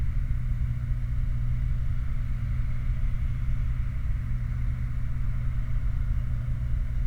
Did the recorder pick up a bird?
no